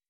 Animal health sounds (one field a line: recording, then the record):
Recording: hydrophone in a shrimp aquaculture tank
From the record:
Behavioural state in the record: weakened